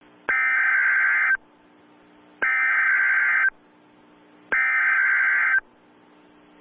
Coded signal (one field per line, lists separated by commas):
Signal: Emergency Alert System (SAME) tones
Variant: header bursts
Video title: EAS Scenario The Unknown